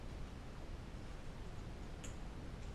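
A metal bore plug in a 4L80E automatic transmission valve body is pressed down by hand so the snap ring retaining it, which was not all the way in, seats fully in its groove. Over a steady broadband hiss, a single short, sharp click sounds at 2.1 s as the snap ring snaps into the groove and seats.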